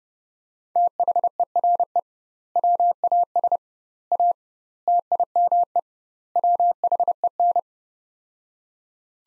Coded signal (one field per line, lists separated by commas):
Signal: Morse code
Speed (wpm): 32 wpm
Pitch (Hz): 700 Hz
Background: none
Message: THERE WAS A TIME WHEN